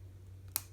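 The lid of a small plastic keychain memento box from the Tenyo T-105 Tunnel of Darkness is pressed onto the box holding a die, and it takes some effort to close. Over a steady low hum, a faint tick at 0.5 s is followed by a sharp, bright snap at 0.6 s as the lid locks in place.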